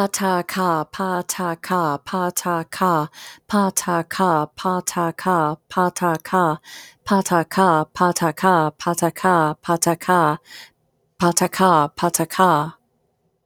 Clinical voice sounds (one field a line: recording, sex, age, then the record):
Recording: repeated syllables /pa ta ka/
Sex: female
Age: 50 to 59 years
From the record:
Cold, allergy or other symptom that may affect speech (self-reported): no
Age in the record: 50 years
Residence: Georgia, United States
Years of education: 16